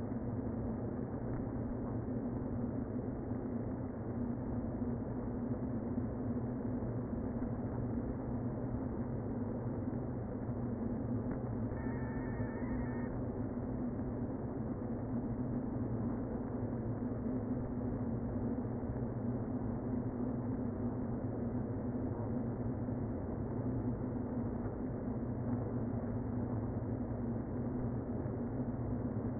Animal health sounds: honeybee colony, microphone inside the hive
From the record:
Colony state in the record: queen present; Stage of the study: before two queens were removed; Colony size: about 60,000 bees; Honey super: yes

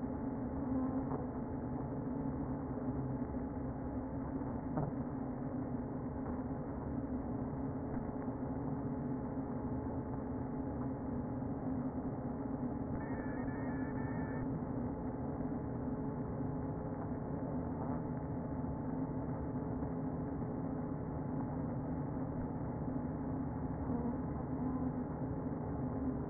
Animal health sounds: honeybee colony, microphone inside the hive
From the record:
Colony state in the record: queen present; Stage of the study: before two queens were removed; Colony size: about 60,000 bees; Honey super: yes

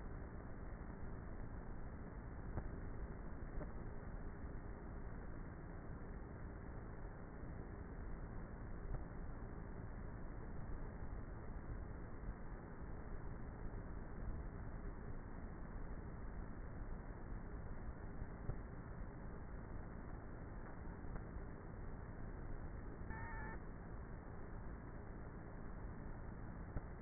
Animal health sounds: honeybee colony, microphone inside the hive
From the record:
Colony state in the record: queenless with a low population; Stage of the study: before two queens were removed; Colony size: about 30,000 bees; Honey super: no

